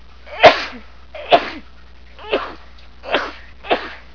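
Five sharp, explosive sneezes in quick succession over about four seconds from an adult, an ordinary sneezing fit.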